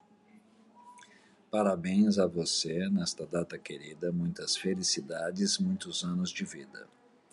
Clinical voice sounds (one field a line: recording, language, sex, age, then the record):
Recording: short text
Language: Brazilian Portuguese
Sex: male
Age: 50 to 59 years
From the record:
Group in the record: control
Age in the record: 51 years